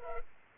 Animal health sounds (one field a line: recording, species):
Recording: mosquito wingbeat signal from an infrared sensor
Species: Culex pipiens